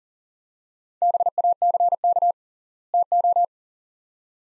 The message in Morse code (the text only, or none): BACK TO